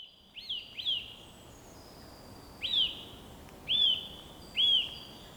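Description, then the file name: Eurasian nuthatch giving short, arched whistled notes, rising then falling, spaced irregularly, over a steady background hiss. "Sitta europaea"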